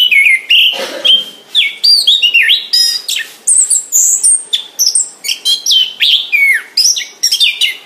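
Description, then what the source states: Orange-headed thrush delivering loud, continuous song of slurred whistles and twangy downward-swooping notes, one after another with hardly a pause. Called Anis Kembang; described as gacor.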